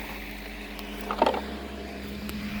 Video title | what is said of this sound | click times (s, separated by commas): How To Install a Septic System: Infiltrator Chamber Pt. 2 Cost | just to make sure you're snapped in you'll see the lip is right there now and that's how you install it | 1.1 s, 1.2 s